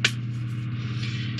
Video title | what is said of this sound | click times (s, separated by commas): AGORA Models 1:200 Scale Build the RMS TITANIC (Shipment 5 Build Video) | you can hear it kind of Click into place | 0.0 s